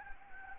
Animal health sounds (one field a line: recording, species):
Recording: mosquito wingbeat signal from an infrared sensor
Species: Anopheles gambiae